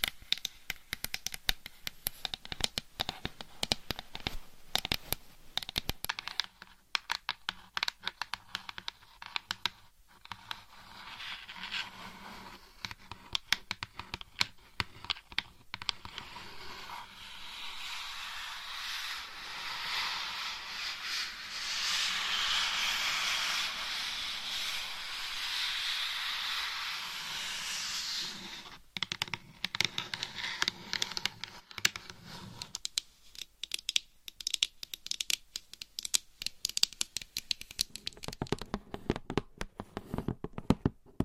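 Scratching and tapping come in quick, dense bursts of crisp clicks, giving way mid-clip to a long, steady hissing rub before the taps return.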